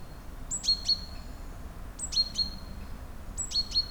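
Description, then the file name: Great tit calling: a high thin note drops to two sharp lower notes, the phrase repeated three times over a faint low rumble. "Parus major"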